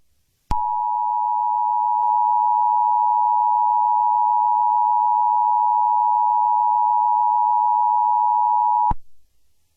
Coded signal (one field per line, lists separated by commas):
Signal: Emergency Alert System (SAME) tones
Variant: 853 and 960 Hz attention tone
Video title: Elemental Attack - An EAS Scenario